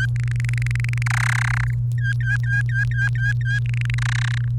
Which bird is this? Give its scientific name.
Serinus canaria